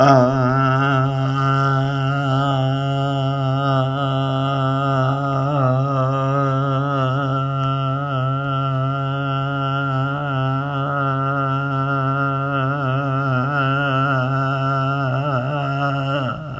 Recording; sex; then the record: sustained vowel /a/; male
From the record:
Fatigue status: no fatigue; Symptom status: symptomatic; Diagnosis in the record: COVID-19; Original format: m4a